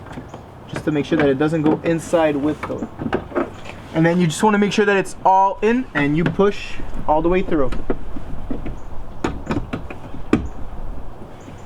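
An LED brake light bulb and its socket are pushed all the way into the tail light housing of a 2007 Volvo S80 V8 while someone talks. Several small handling knocks are heard around 9.2–9.9 s, followed by the sharp click of the socket locking into the housing at 10.3 s. It stays seated, upgraded to modernize the look of the car's exterior lighting.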